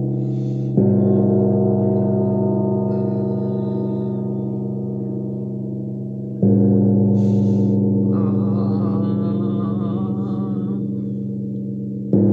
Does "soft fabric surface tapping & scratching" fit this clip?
no